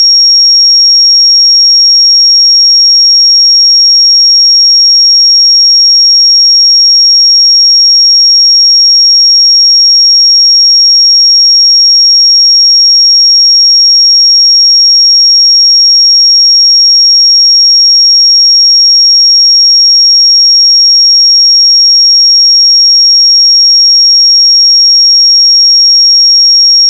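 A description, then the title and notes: A pure sine tone at 5576 Hz holds perfectly steady for the whole 27 seconds, a single thin, bright whistle with no change in pitch or loudness. Nothing else is heard around it, and it stops abruptly at the very end. 5576 Hz 1 Hz Interval Sine Pure Tone Frequency 441000 Sample Mono.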